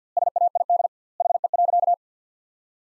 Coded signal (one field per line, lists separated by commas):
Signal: Morse code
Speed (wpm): 50 wpm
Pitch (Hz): 700 Hz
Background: none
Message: SAID HE.